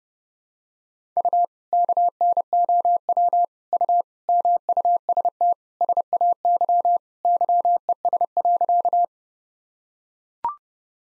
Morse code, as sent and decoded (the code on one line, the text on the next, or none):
..- / -.- -. --- .-- / ..- / -- ..- ... - / ... .- -.-- / -.-- . ... .-.-.-
U KNOW U MUST SAY YES.